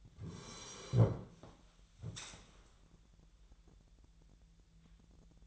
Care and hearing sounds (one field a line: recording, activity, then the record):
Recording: daily activity, microphone in the room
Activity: sit down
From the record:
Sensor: 3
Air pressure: 1001.5 hPa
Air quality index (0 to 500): 247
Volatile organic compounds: 140 ppm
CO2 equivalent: 3978 ppm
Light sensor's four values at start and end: 11/26/11/11 and 11/25/10/10